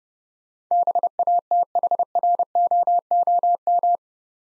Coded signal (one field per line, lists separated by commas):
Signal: Morse code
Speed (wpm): 30 wpm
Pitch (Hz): 700 Hz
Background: none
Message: BATHROOM